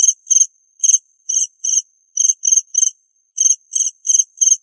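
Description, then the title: Cricket giving high, buzzy chirps in a steady series of short runs of two to four, with brief gaps between runs. "suara Hujan Guntur Suara Jangkrik Dan Burung"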